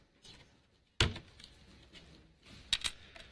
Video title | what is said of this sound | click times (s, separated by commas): Hochanda TV - The Home of Crafts, Hobbies and Arts Live Stream | There's a satisfaction when you hear that click when it goes in there and you know it's in. | 1.0 s